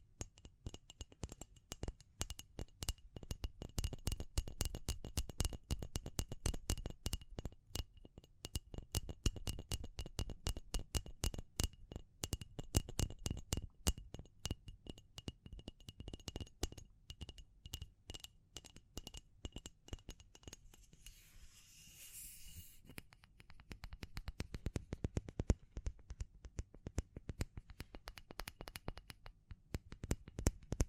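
Rapid tapping runs through most of the recording as dense, sharp clicks, sometimes in quick bursts and sometimes more spaced out. Around 20 to 23 seconds the taps thin out and a brighter scratching, hissy rub takes over before the tapping resumes.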